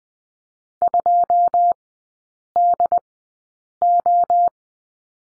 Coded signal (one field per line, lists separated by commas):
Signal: Morse code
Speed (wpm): 20 wpm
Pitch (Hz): 700 Hz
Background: none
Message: 2DO